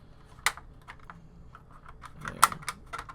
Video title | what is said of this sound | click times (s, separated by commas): Building the New Das Werk 1/16 StuG III ausf G ( Part 1 The Build ) | you see kind of almost like clicks into place there once it gets in and then we can go ahead | 2.4 s